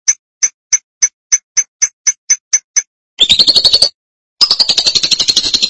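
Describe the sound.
Lovebird chirps and song: about ten sharp clicking chirps evenly spaced, then bursts of fast, buzzy, rattling chatter.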